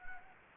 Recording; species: mosquito wingbeat signal from an infrared sensor; Anopheles gambiae